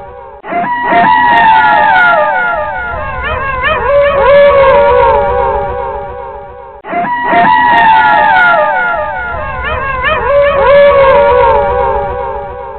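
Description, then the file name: Wolf howls in a chorus, long wavering tones sliding up and down over one another, the sequence looping once after a short break. "horror wolf"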